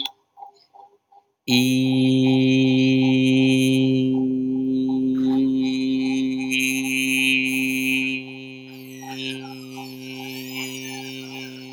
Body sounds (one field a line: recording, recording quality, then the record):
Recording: sustained vowel as in beet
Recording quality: excellent, no background noise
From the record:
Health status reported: healthy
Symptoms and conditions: hypertension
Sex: male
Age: 30 years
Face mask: not worn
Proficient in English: yes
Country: India